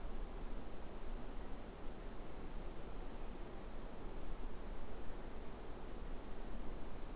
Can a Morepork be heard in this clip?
no